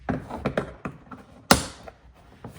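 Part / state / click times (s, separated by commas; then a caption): torque wrench on a tow hook mounting bolt / torque reached / 1.5 s. A click-type torque wrench tightens a tow hook mounting bolt on a 2024 Colorado TrailBoss truck, with several softer ratcheting taps before a sharp, loud click at 1.5 seconds. The wrench has clicked at its set torque, confirming the bolt is torqued.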